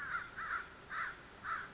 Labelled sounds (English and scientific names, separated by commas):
American Crow (Corvus brachyrhynchos)